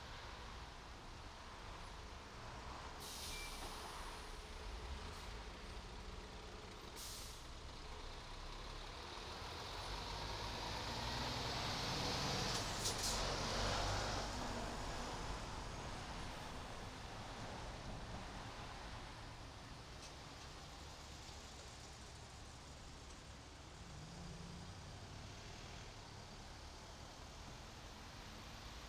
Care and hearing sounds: everyday scene through a hearing-aid microphone; in traffic; traffic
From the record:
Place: main road on the outskirts, rush hour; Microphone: in the ear canal, right

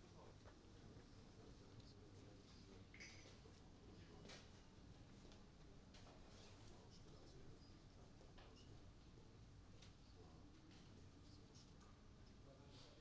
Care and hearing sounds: everyday scene through a hearing-aid microphone; many people talking; many voices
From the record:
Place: university cafeteria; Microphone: in the ear canal, right

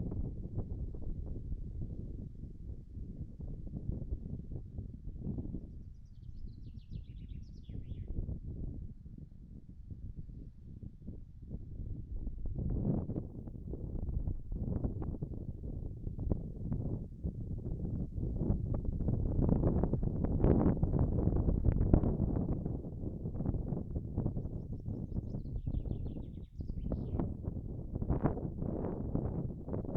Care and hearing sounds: everyday scene through a hearing-aid microphone; wind on the microphone; wind, birds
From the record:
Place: in front of a rural house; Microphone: behind the ear, right, front

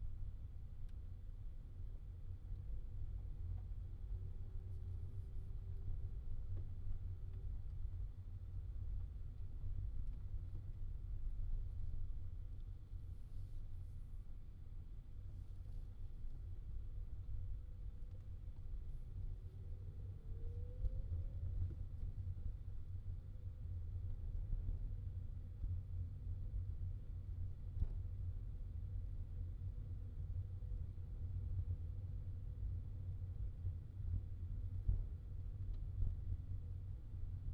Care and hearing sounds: everyday scene through a hearing-aid microphone; in a vehicle; engine, rumble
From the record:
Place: Skoda Fabia, gasoline engine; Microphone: in the ear canal, left

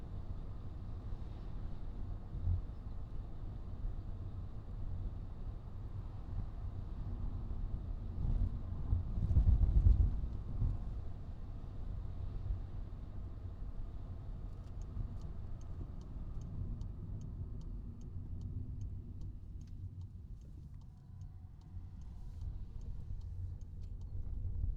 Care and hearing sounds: everyday scene through a hearing-aid microphone; in a vehicle; engine, rumble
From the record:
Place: Skoda Fabia, gasoline engine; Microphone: in the ear canal, right

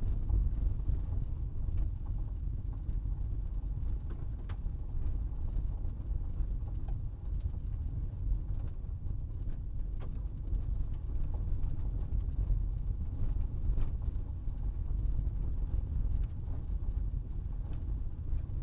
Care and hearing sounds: everyday scene through a hearing-aid microphone; in a vehicle; engine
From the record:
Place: Berlingo II, diesel engine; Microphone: in the ear canal, right

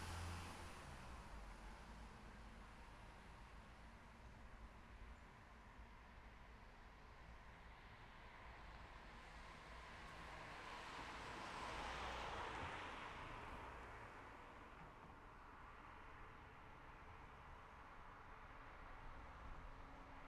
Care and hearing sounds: everyday scene through a hearing-aid microphone; in traffic; traffic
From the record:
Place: city secondary road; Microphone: behind the ear, left, front

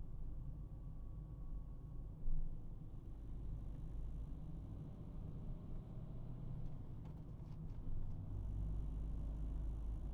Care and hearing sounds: everyday scene through a hearing-aid microphone; in a vehicle; engine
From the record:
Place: Berlingo II, diesel engine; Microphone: behind the ear, right, front

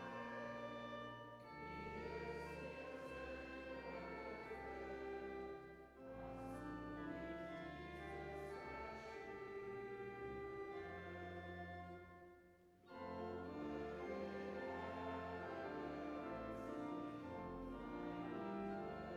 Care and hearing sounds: everyday scene through a hearing-aid microphone; reverberant space; music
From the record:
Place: church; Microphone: behind the ear, right, rear

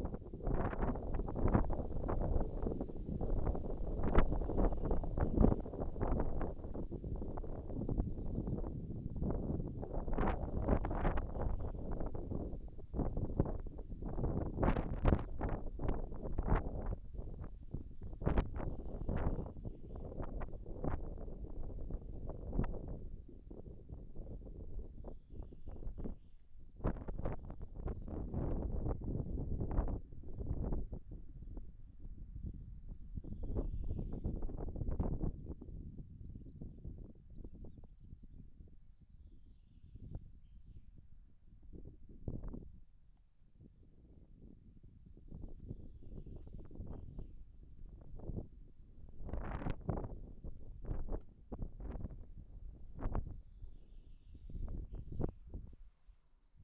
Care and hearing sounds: everyday scene through a hearing-aid microphone; wind on the microphone; wind, birds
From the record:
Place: in front of a rural house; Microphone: behind the ear, left, front

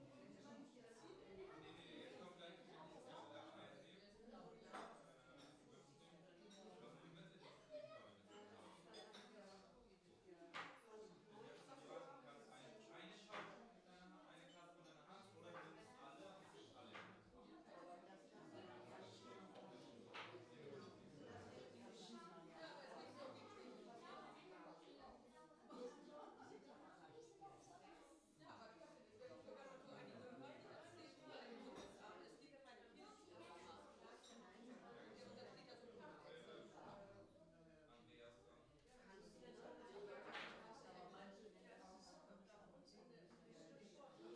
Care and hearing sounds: everyday scene through a hearing-aid microphone; many people talking; many voices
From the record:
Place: parish hall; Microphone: in the ear canal, left

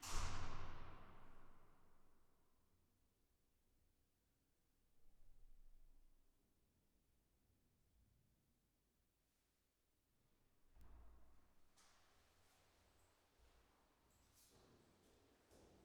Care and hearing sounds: everyday scene through a hearing-aid microphone; reverberant space; background noise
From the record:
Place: staircase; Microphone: behind the ear, left, front

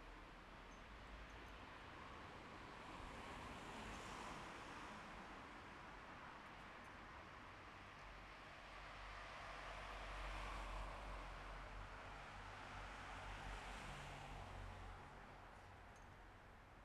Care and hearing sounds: everyday scene through a hearing-aid microphone; in traffic; traffic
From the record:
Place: bus stop on a city main road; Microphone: behind the ear, left, rear

